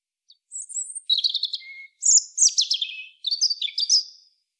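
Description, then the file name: European robin song of varied high, fluty and scratchy notes delivered in several rapid bursts with brief pauses between them; nothing else audible. "Erithacus rubecula"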